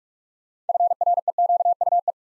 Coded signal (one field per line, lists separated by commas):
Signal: Morse code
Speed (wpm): 44 wpm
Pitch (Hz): 700 Hz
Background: none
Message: FREQUE